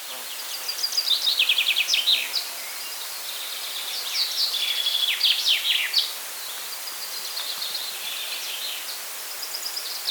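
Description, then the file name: Common chaffinch song: a few phrases of rapid high notes, the later ones fainter, over steady hiss. "Fringilla coelebs"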